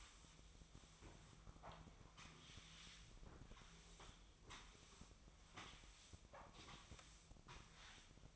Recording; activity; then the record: daily activity, microphone in the room; sweep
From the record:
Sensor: 1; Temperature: 24.0 degrees Celsius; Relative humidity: 35.2%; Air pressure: 1004.7 hPa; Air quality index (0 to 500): 97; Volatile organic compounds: 3 ppm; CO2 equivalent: 1324 ppm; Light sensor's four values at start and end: 9/21/8/9 and 9/22/8/9